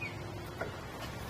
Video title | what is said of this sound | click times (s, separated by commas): etrailer - Does it Fit? Testing the RockyMounts MonoRail Bike Rack for 2 Bikes on a 2021 Honda CR-V | We'll fold the rack up until it clicks again | 0.6 s